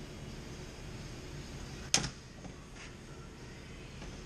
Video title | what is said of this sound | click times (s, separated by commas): How to Make Spark Plug Wires for any Antique Tractor - 3GR Tutorial | hear them snapping in which is really good | 1.9 s